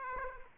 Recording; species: mosquito wingbeat signal from an infrared sensor; Aedes aegypti